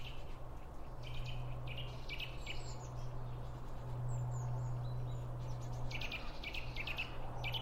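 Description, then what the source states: Birds: high chirps and short twittering notes from small birds come in scattered bursts over a steady low hum and background noise. Birds around a bird feeder, recorded with two Line Audio OM1 microphones.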